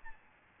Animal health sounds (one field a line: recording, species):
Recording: mosquito wingbeat signal from an infrared sensor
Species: Aedes albopictus